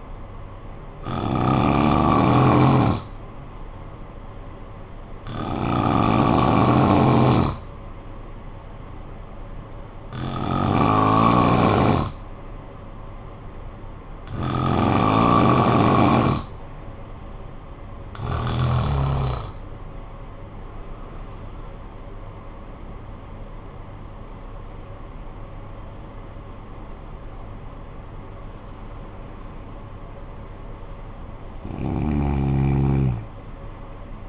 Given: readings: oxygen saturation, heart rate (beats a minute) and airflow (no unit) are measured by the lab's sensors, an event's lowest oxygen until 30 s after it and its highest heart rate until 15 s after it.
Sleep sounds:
breathing in sleep by a smartphone at the bedside; 1
7.00-20.50 s: hypopnea (N2, oxygen 94% highest, then 93% lowest, heart rate 52 at the start, 72 highest)
10.00-34.29 s: new sleep stage, N1 (lightest sleep)
From the record:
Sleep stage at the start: N2 (light sleep); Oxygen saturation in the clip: 91 to 94%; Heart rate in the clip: 51 to 72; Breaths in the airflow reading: 8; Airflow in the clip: -11.0 to 11.0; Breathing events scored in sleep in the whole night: 445 in 7.6 hours asleep

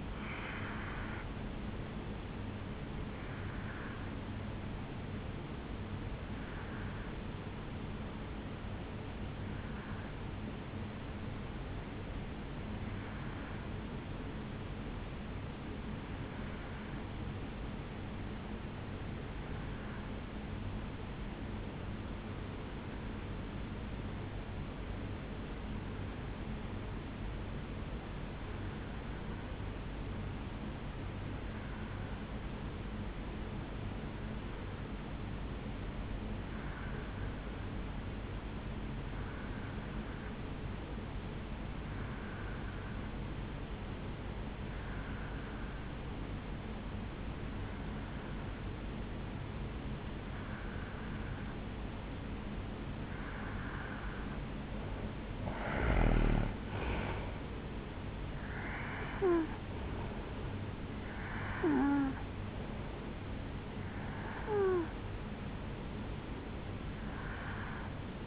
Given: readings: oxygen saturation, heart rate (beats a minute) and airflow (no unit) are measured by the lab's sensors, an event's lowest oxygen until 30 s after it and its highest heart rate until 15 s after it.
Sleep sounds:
breathing in sleep by a voice recorder at the bedside; 1
4.00-53.80 s: hypopnea (N2, oxygen 96% highest, then 84% lowest, heart rate 67 at the start, 73 highest)
67.00-68.27 s: new sleep stage, N1 (lightest sleep)
From the record:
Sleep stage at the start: N2 (light sleep); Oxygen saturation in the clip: 84 to 96%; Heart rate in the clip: 53 to 73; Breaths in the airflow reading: 18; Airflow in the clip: -9.5 to 9.4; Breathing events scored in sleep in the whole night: 449 in 7.0 hours asleep

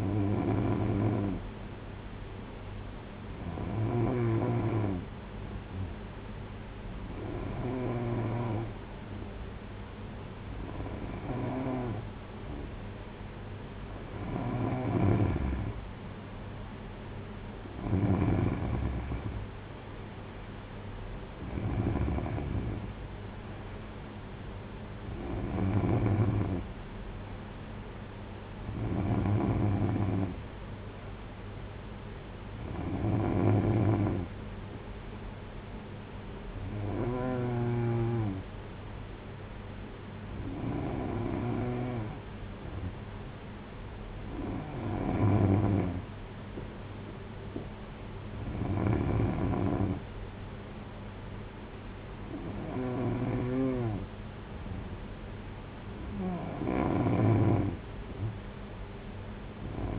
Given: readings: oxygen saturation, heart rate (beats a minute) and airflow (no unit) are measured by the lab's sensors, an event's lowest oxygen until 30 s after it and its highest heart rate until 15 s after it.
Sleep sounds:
breathing in sleep by a voice recorder at the bedside; none
none scored
From the record:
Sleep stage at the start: N3 (deep sleep); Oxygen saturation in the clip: 92 to 94%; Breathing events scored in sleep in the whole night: 226 in 8.8 hours asleep

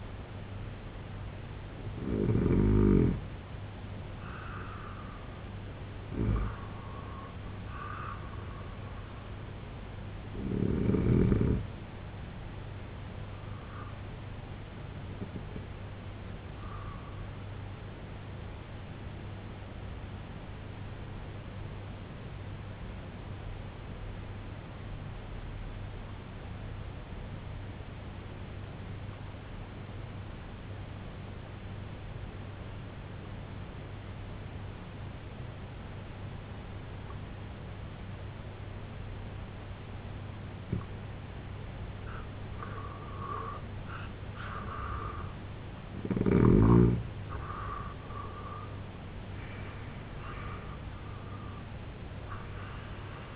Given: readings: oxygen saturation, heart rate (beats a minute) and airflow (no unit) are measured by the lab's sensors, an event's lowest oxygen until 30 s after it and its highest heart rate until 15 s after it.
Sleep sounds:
breathing in sleep by a voice recorder at the bedside; 1
24.00-39.20 s: obstructive apnea (N2, oxygen 95% highest, then 85% lowest, heart rate 66 at the start, 92 highest)
41.00-53.36 s: new sleep stage, N1 (lightest sleep)
From the record:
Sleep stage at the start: N2 (light sleep); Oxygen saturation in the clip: 87 to 95%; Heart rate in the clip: 61 to 92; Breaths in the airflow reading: 7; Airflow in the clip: -6.8 to 6.1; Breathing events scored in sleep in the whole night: 258 in 7.4 hours asleep

